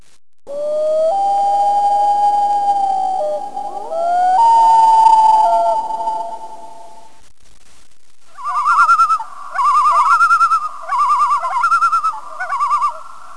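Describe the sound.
Loon calls: long, mournful wailing notes slowly rising and holding, followed by a run of quavering, yodel-like tremolo phrases repeated in short bursts.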